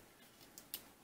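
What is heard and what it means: A nano SIM card fitted in a plastic adapter is pushed into the spring-loaded push-push SIM slot of a white Motorola Moto G (2nd Generation) smartphone, with the adapter making it a bit tough to insert. A faint tick at about 0.6 s is followed by a sharper, louder click at 0.7 s. The SIM card clicks in and is seated.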